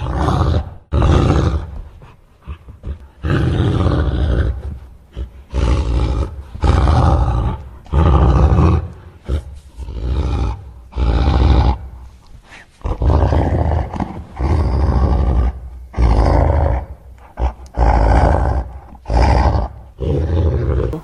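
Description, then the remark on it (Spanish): An angry wolf growls and huffs in a long series of loud, rough bursts, around a dozen, each separated by brief pauses, deep and raspy with breathy blowing noise throughout. “Mientras tanto, el lobo seguía soplando en vano, cada vez más enfadado.”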